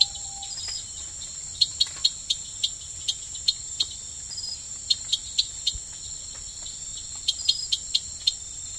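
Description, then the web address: Eleutherodactylus variabilis frog calls as brief clicking notes in quick runs, set against a constant high-pitched chorus of insects. Recorded in the Ecuadorian Amazon, South America. "Natures Songs. Frogs of Ecuadorian Amazon Eleutherodactylus variabilis"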